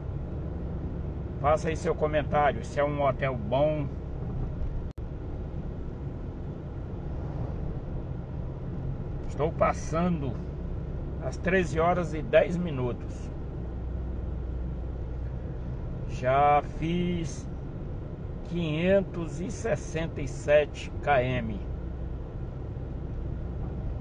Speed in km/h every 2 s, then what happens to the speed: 39, 40, 38, 39, 40, 39, 36, 38, 38, 38, 37, 37.
0-24 steady at about 38.